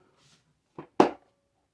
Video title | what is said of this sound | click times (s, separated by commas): How to DIY Pancake Compressor problem solved!!!!!! #diyfixtool | there you go. You could hear it drop down, snap down. | 1.0 s